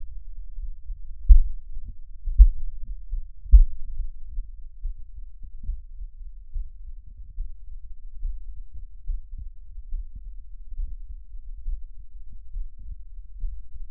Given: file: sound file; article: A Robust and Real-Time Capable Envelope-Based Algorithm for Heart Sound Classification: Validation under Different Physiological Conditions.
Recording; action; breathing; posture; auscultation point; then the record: heart sounds by electronic stethoscope; rest; normal; lying on right side; Erb’s point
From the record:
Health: healthy, no known heart disease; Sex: male